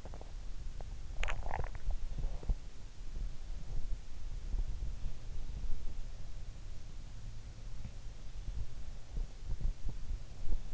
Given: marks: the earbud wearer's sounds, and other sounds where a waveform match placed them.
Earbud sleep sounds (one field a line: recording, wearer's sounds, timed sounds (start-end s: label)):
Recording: sounds in sleep by an in-ear microphone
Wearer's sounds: teeth grinding, swallowing, cough or throat clearing or sniffle, body movement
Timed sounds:
0.00-0.33 s: teeth grinding
1.09-2.40 s: swallowing
3.00-6.04 s: sound from someone else or the room
7.73-8.06 s: cough or throat clearing or sniffle
8.20-10.74 s: body movement